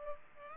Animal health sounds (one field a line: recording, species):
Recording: mosquito wingbeat signal from an infrared sensor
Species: Culex pipiens